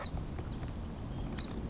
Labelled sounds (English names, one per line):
Song Sparrow